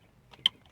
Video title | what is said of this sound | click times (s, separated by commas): Cherokee Trailer Wiring Harness Install | slide that in until it clicks. | 0.5 s